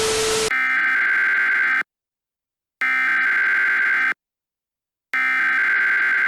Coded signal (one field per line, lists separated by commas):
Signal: Emergency Alert System (SAME) tones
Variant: header bursts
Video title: EAS Scenario: The Heatwave - The Public Outrage